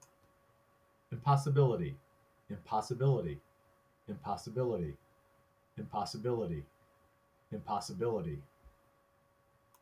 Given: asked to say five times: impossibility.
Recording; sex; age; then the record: repeated word; male; 50 to 59 years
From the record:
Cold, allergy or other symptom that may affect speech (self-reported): no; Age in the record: 55 years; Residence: New Hampshire, United States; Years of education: 16